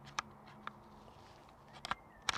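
A camera on its quick-release mount is slid down into an aluminium backpack clip while the strap is held. Brief, sharp handling taps sound at about 0.2, 1.9 and 2.3 seconds over a quiet background. Nothing has seated or clicked yet; the mount has not locked into the clip.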